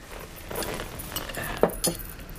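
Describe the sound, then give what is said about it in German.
Glasses clink together in a toast to "the coming Reich", a couple of bright, sharp chimes ringing out over a soft murmur of shuffling and light metallic jingling. “Ich möchte das Glas erheben. Auf das kommende Reich.”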